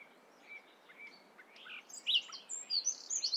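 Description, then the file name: Common nightingale giving short, high chirps and thin whistled notes, sparse at first and then quicker and louder near the end, over a steady hiss of background noise. "Luscinia megarhynchos"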